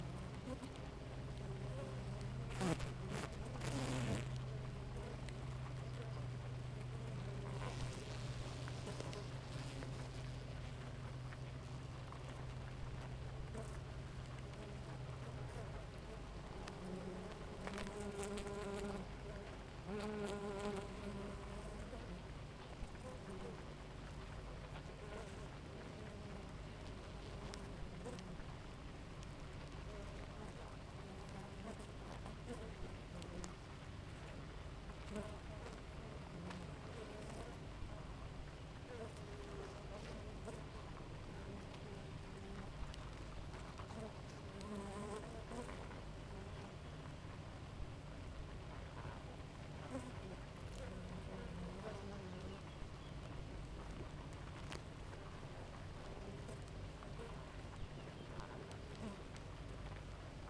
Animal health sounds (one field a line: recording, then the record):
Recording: honeybee colony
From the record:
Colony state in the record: active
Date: 28 July 2017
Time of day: 5:03